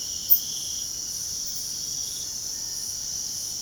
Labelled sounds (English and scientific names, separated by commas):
none